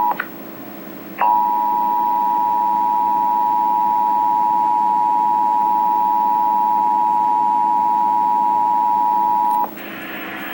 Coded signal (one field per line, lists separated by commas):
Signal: Emergency Alert System (SAME) tones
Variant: 853 and 960 Hz attention tone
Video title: Emergency Alert System: Tornado Warning